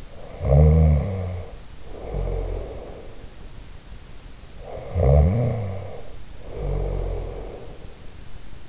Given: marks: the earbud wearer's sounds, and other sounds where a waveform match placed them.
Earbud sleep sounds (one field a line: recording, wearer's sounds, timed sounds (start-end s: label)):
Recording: sounds in sleep by an in-ear microphone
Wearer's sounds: snoring breath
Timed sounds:
0.00-3.14 s: snoring breath
4.57-7.89 s: snoring breath